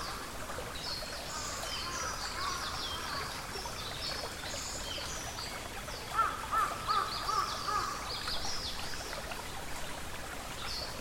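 Forest ambience: a steady, soft rush like running water fills the background while high, thin bird chirps scatter throughout. From about six to eight seconds, a bird gives a quick run of repeated mid-pitched whistled notes, the loudest moment.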